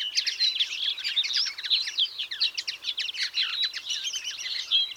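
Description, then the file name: European greenfinch twittering: rapid, high chirps overlapping constantly, rising and falling in loudness without a break. "Chloris chloris"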